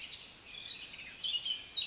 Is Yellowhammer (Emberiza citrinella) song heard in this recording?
no